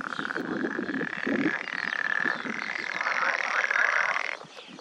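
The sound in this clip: Edible frog croaking together, a dense buzzing chorus with low rattling notes early, dropping away abruptly near the end.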